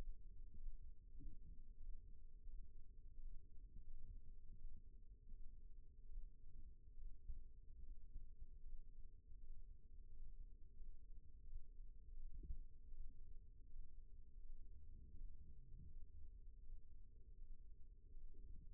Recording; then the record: forearm muscle sounds (acoustic myography)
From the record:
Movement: rest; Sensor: system 1, eight BSWA MPA416 microphones around the upper forearm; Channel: 8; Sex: male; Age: 20 years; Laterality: left